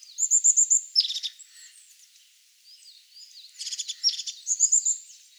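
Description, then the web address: European crested tit calls: very high, rapid purring trills alternating with buzzy stuttered bursts and thin high notes, given twice in quick succession. Recorded in Valsolda. "cibra valsolda. Cincia dal ciuffo"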